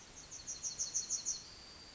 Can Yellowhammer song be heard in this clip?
yes